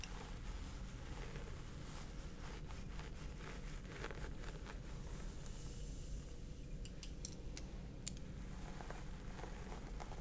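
Scalp massage with steady low rustling and scratchy fingertip sounds, plus brief sharp crackles and taps around eight seconds.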